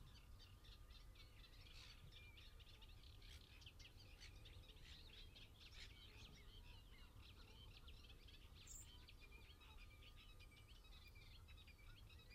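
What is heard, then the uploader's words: Early morning countryside birdsong, with many birds calling at once in a dense, continuous chorus of quick chirps and trills throughout. A steady low rumble runs underneath, and a faint constant tone holds through the whole clip. 7.00am Birdsong at Hurst View, Pennington, Dorset, UK. Early morning countryside birdsong recorded on the weekend of King Charles' Coronation.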